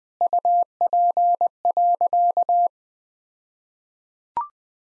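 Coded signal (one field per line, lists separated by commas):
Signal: Morse code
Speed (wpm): 20 wpm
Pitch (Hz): 700 Hz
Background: none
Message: UP.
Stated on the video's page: Morse code practice at 20 wpm sending all-age jokes, using contextual priming.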